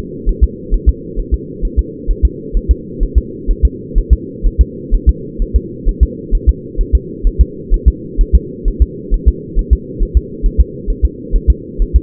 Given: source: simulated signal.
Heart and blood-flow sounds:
fetal heart sounds
0.29 s: S1
0.43 s: S2
0.74 s: S1
0.89 s: S2
1.19 s: S1
1.34 s: S2
1.65 s: S1
1.79 s: S2
2.10 s: S1
2.25 s: S2
2.57 s: S1
2.71 s: S2
3.03 s: S1
3.18 s: S2
3.51 s: S1
3.65 s: S2
3.98 s: S1
4.13 s: S2
4.46 s: S1
4.61 s: S2
4.94 s: S1
5.09 s: S2
5.42 s: S1
5.56 s: S2
5.89 s: S1
6.03 s: S2
6.35 s: S1
6.49 s: S2
6.81 s: S1
6.95 s: S2
7.27 s: S1
7.41 s: S2
7.74 s: S1
7.88 s: S2
8.21 s: S1
8.35 s: S2
8.68 s: S1
8.82 s: S2
9.14 s: S1
9.28 s: S2
9.59 s: S1
9.73 s: S2
10.02 s: S1
10.17 s: S2
10.46 s: S1
10.60 s: S2
10.90 s: S1
11.05 s: S2
11.35 s: S1
11.50 s: S2
11.82 s: S1
11.96 s: S2
From the record:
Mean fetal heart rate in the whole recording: 130 bpm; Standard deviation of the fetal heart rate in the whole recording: 4 bpm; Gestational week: 38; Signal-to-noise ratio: -4.1 dB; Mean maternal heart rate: no maternal heart sound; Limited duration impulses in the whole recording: absent

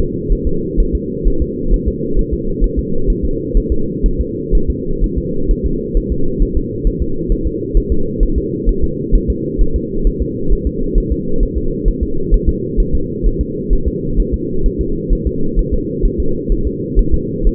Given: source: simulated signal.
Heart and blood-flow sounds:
fetal heart sounds
0.32 s: S1
0.47 s: S2
0.80 s: S1
0.95 s: S2
1.28 s: S1
1.42 s: S2
1.74 s: S1
1.88 s: S2
2.19 s: S1
2.34 s: S2
2.64 s: S1
2.79 s: S2
3.10 s: S1
3.25 s: S2
3.57 s: S1
3.72 s: S2
4.06 s: S1
4.21 s: S2
4.55 s: S1
4.70 s: S2
5.04 s: S1
5.18 s: S2
5.51 s: S1
5.66 s: S2
5.97 s: S1
6.12 s: S2
6.43 s: S1
6.57 s: S2
6.87 s: S1
7.02 s: S2
7.32 s: S1
7.47 s: S2
7.77 s: S1
7.92 s: S2
8.23 s: S1
8.38 s: S2
8.69 s: S1
8.84 s: S2
9.15 s: S1
9.30 s: S2
9.61 s: S1
9.76 s: S2
10.07 s: S1
10.22 s: S2
10.52 s: S1
10.67 s: S2
10.98 s: S1
11.12 s: S2
11.43 s: S1
11.58 s: S2
11.88 s: S1
12.03 s: S2
12.34 s: S1
12.49 s: S2
12.80 s: S1
12.95 s: S2
13.27 s: S1
13.41 s: S2
13.73 s: S1
13.88 s: S2
14.20 s: S1
14.34 s: S2
14.66 s: S1
14.81 s: S2
15.13 s: S1
15.27 s: S2
15.59 s: S1
15.74 s: S2
16.05 s: S1
16.20 s: S2
16.52 s: S1
16.67 s: S2
16.99 s: S1
17.14 s: S2
17.47 s: S1
From the record:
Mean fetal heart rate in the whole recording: 130 bpm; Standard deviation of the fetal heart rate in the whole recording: 4 bpm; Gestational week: 38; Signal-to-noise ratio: -8.1 dB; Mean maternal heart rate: 72 bpm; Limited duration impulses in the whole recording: absent

